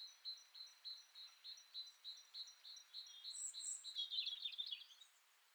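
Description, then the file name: Great tit call series: evenly spaced short, high notes roughly three per second, ending in a louder jumble of chattering, buzzy chirps. "Parus major"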